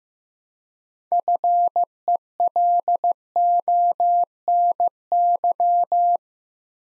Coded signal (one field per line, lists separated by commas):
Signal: Morse code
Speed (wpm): 15 wpm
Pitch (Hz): 700 Hz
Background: none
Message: FELONY